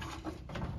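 The plastic water panel frame halves of an Aprilaire whole-house humidifier are pressed together by hand around a new media pad, with soft handling and rustling noises. They lock together with a short, sharp click at 0.6 s, and the frame is seated. A louder broadband burst of noise follows at the very end of the clip.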